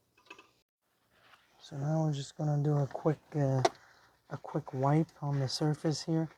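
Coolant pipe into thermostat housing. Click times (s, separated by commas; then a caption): 0.3 s. On a 2014 Chevrolet Sonic 1.8, a coolant/oil cooler pipe is pushed into the new plastic water outlet (thermostat) housing until it snaps in place. A short, faint click is heard at about 0.3 s among a few quiet taps, then someone talks for the rest of the clip. The pipe is seated in the housing.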